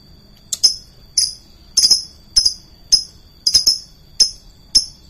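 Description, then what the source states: Lovebird making brief, sharp, high chirps about twice a second, some doubled, against a faint steady high whine. Song style called konslet.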